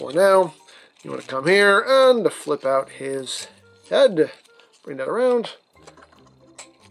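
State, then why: Seated. Someone talks while flipping out the plastic head of a transforming toy robot and rotating it around. After some small handling noises, the head snaps into its locked position in its socket with a sharp click at 6.6 s.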